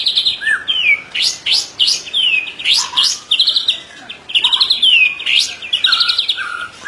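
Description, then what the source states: White-rumped shama song in short bursts: high trills mixed with rising and falling whistled slurs, phrases separated by brief pauses. Training recording (masteran) for caged birds, titled Murai Batu Labaik.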